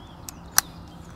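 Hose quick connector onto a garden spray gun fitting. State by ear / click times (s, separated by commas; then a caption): seated / 0.6 s. A plastic quick-release hose connector is pushed onto the fitting of a Gardena garden spray gun, with a faint tick at 0.3 s. It snaps on with a sharp, bright click at 0.6 s, and the connector is seated.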